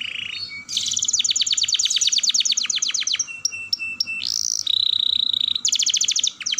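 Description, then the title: Atlantic canary song with a long, fast trill, sharp clicking notes, a steady whistled tone and another rapid trill at the end. Vigorous singing with long rolling trills. "Kenari Gacor Dor Roll Panjang"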